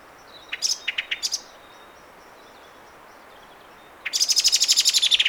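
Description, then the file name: Common blackbird high thin calls: a quick run of sharp notes, a pause, then a fast rattling series of squeaky notes toward the end. "Turdus merula"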